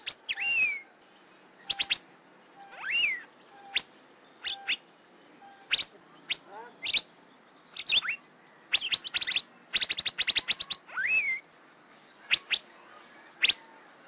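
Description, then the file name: Asian fairy-bluebird giving many short, sharp whistles, some slurred upward then dropping, coming in irregular bursts that grow denser in the second half. "suara kacembang gadung"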